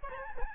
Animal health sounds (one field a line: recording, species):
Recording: mosquito wingbeat signal from an infrared sensor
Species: Aedes albopictus